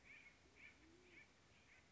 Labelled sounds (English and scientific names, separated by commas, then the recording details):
Band-tailed Pigeon (Patagioenas fasciata)
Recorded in Sonoma County, California